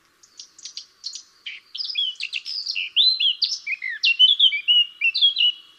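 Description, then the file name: Eurasian blackcap song opening with soft, scratchy ticking notes, then building into loud, clear whistled phrases with swooping, fluted notes. "Sylvia atricapilla"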